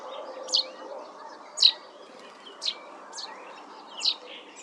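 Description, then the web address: Common chaffinch calls: short, sharp, high notes repeated roughly once a second over a soft background hiss. "Deverinetal"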